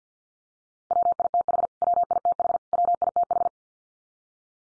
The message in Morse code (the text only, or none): WITH WITH WITH